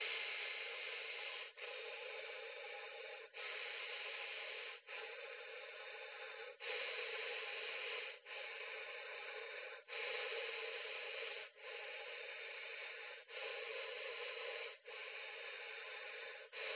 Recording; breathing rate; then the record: paced breathing near a phone; 18 breaths a minute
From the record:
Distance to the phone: 20 cm